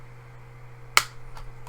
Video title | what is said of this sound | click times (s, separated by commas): Nintendo Labo Toycon 04 VR Unboxing and Googles Assembly | A little uneven, but eventually it snapped into place. | 1.0 s